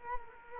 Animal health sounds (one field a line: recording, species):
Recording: mosquito wingbeat signal from an infrared sensor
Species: Culex quinquefasciatus